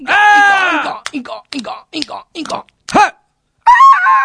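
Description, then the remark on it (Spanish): A strange toad noise made by a voice: a long groaning croak, then a run of short gulping, burp-like croaks, ending in a wavering tonal warble. Loud, with no spoken words. “¡Ah, sapo, hacer ruido raro y yo tener más miedo!”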